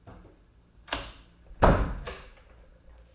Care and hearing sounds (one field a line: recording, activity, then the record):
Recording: daily activity, microphone in the room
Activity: close door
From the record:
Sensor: 2